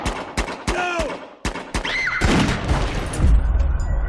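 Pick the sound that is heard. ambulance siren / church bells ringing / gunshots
gunshots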